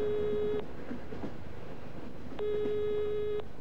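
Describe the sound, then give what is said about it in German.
A train heading north rumbles steadily along the rails, broken by two sustained, even-pitched horn tones, the first at the start and the second about two seconds later, each lasting roughly a second. “Also wieder Bahnfahrt. Weiter rauf nach Norden.”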